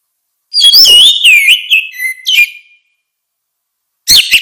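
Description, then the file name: Orange-headed thrush song: a loud, varied phrase of sweet whistles and scratchy notes, with a few trailing whistles, then a brief new burst after silence. "suara kicau burung anis merah"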